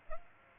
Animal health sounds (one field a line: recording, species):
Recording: mosquito wingbeat signal from an infrared sensor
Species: Aedes aegypti